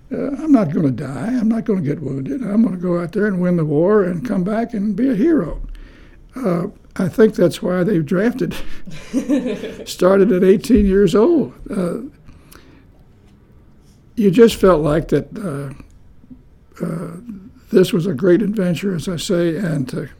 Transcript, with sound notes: I’m not going to die, I’m not going to get wounded, I am going to go out there and win the war and come back and be a hero. I think that’s why the draft had [chuckles] started at eighteen years old. You just felt like that…this was a great adventure, as I say, and to,